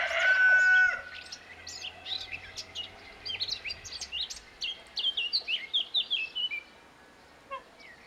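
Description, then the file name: Eurasian blackcap song: a quick run of varied twittering and warbled high notes lasting several seconds, after a loud, drawn-out sound at the very start. "Sylvia atricapilla"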